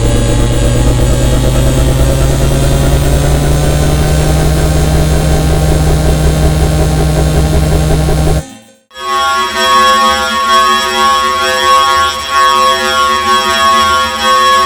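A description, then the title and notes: A dense sci-fi drone rumbles with a heavy low hum and layered buzzing tones for about eight seconds. It drops out abruptly into near silence around 8.5 seconds, then returns as a thinner, brighter buzzing texture with pulsing, wavering tones and much less low end. Demos from a circuit bent Kawai K1 synth. Mods include a 24 way ROM destruction patchbay, and a LTC1799 based clock speed/pitch knob. Surprisingly the modded K1 is incredibly good at BBC Radiophonic Workshop style sci-fi atmospheres. Drones and "sounds of the future".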